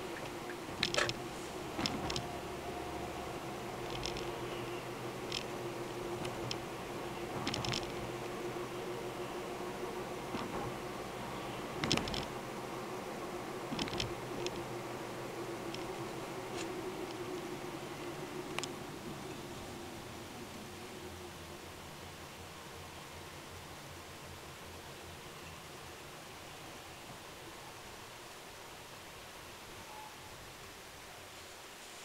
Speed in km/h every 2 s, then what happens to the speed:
33, 37, 41, 43, 44, 45, 47, 44, 44, 39, 30, 22, 19, 17, 14, 13.
0-12 speeds up to 47. 12-32 slows to 13.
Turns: none.